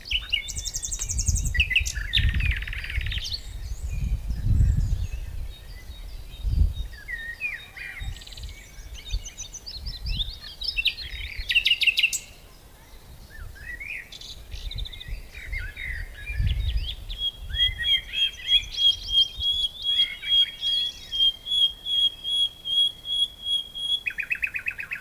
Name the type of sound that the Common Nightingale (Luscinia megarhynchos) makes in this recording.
song